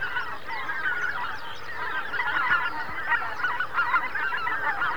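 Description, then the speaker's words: Greater white-fronted goose: a busy clamour of yelping honks from many birds, with individual calls standing out over the din. Flocks of thousands of geese flying over a river island, making a great din; central Russia. "Какой гвалт! Это тысячные стаи белолобых гусей носятся"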